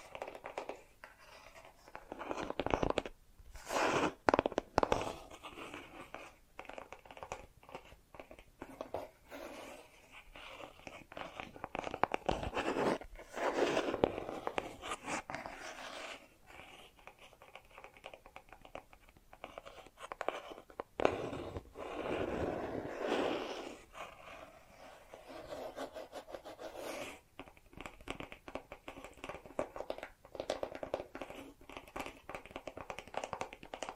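Bracelets and jewelry boxes are handled in irregular bursts of clinking, rattling and scraping, with short sharp clicks scattered throughout. Louder clusters of jangling come around 4, 13 and 22 seconds, separated by quieter stretches of light rustling and small taps.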